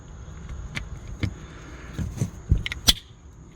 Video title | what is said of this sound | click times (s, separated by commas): How To Remove And Replace Interior Lights To LED. 2024-2026 Hyundai Kona. License Plate Lights Also | you go. Gotta hear a snap. Crackle and pop. | 2.7 s, 2.9 s